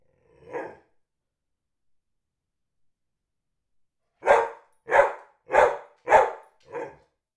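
Dog barking: a single bark, then after a long pause a quick run of five harsh barks.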